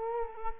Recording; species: mosquito wingbeat signal from an infrared sensor; Culex quinquefasciatus